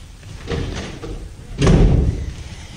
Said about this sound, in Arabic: شد الباب.